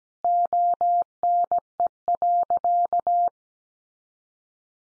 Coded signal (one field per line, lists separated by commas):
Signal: Morse code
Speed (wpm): 17 wpm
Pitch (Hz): 700 Hz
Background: none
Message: ONE.